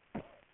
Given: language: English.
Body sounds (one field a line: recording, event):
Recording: throat vibration sensor signal played as sound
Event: cough